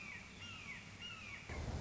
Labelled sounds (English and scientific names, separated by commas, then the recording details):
Red-shouldered Hawk (Buteo lineatus)
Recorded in Sonoma County, California